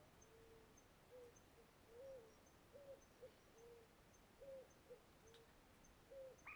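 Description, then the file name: Bird calling: a series of soft, low, short notes, some flat and some slightly arched, repeated irregularly, with faint high ticks above. Several different birds, some closer than others, in late afternoon. "Passaros diferentes, alguns mais perto, em fim de tarde"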